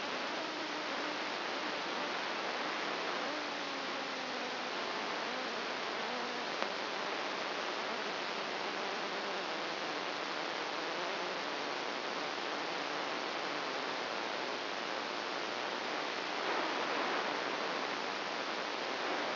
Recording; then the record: brain microelectrode recording played as sound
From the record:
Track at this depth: inside the subthalamic nucleus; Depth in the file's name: 2.405 mm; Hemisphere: right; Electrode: 2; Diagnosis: Parkinson's disease